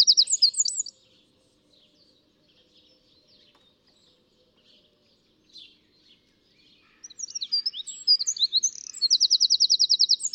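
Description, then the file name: Eurasian wren song: a loud, high burst of sharp notes ending in a rapid trill, a quiet gap with faint chips, then another tumbling phrase closing in a fast rattle. "Troglodytes troglodytes"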